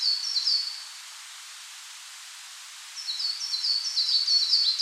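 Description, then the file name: Coal tit song, a short burst of high repeated double notes, a pause of about two seconds, then a longer run of the same quick phrases. "Parus ater"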